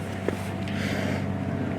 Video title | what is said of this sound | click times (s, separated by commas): Installation Video For 2016-2018 Porsche Macan and Macan S | you're going to take your front plate, start it in, pull the pull pin, put it till it clicks into place, and you're done. | 0.3 s